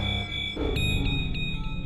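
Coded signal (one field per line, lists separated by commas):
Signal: none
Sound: synth beeps in music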